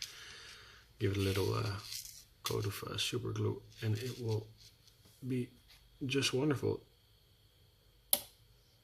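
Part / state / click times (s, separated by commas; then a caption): metal-backed paper banner onto magnet on wargame scenery / seated / 8.1 s. A handmade paper miniature scenery banner, fitted with a small piece of metal from a clipped hobby blade tip, is placed against a magnet on a wargame terrain piece. Someone talks through most of the clip, then after a brief pause the banner snaps into place with a single sharp click at 8.1 s, seated on the magnet.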